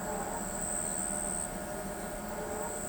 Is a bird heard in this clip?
no